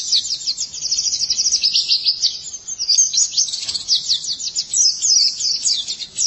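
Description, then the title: White-eye singing a dense, unbroken stream of sharp, very high chirps and buzzy trills that rise and fall quickly throughout. "Kicauan Burung Pleci"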